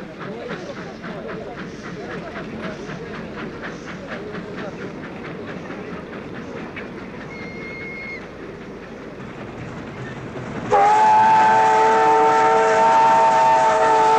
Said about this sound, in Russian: Проезжает поезд.